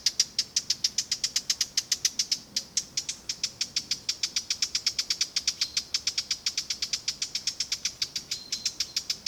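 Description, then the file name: Eurasian blackcap uttering a rapid run of hard tack notes, evenly spaced clicks several per second, unbroken throughout. "Sylvia atricapilla"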